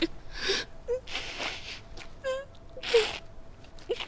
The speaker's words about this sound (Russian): Закрыв глаза, Клэр рыдает. Брюнетка обнимает ее.